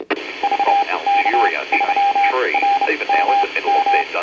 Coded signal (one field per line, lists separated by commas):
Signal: Morse code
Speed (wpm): 30 wpm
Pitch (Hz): 800 Hz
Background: speech, radio noise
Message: VK3RMM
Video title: Mystery bargains at the 2019 Cranbourne hamfest